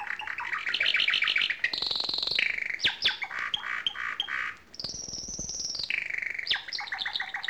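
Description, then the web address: Bird giving varied chattering calls: quick trilled chirps, harsh buzzy notes and a long high whistle, with a series of rapid repeated chips at the end. "audio animali uccelli uccelli birds"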